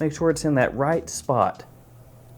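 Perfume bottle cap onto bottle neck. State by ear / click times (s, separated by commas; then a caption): not seated / none. A man talks while lining up the plastic/metal cap of an Emporio Armani Stronger With You Sandalwood cologne bottle so it sits in the correct orientation on the bottle neck, ready to press it on. His speech fills the first 1.5 seconds, followed by quiet room tone with faint handling. Nothing has seated or clicked yet.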